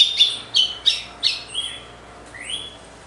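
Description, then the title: Red-cowled cardinal song: a few quick downslurred whistles, then two quieter whistles, fading toward the end. Female; recorded after the moult; contest (disputa) bird. "Canto Galo Campina Fêmea. GALO DE CAMPINA DEPOIS DA MUDA (disputa)"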